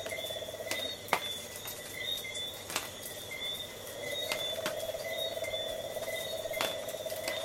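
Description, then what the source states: Insects in a steady buzzing trill chorus, with short bright chirps repeating higher up and scattered sharp clicks throughout. Coastal soundscape of tree frogs and insects.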